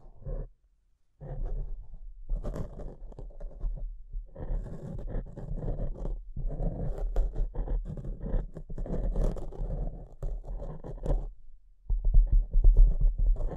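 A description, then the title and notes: Mic scratching fills the clip with dense, rough rubbing and scraping, mostly low and muddy with a rumbling floor. Brief gaps near the start and around 4, 6 and 11 seconds break the texture, and a louder, heavier thumping stretch closes it. ASMR Brain Melting Mic Scratching (No Talking).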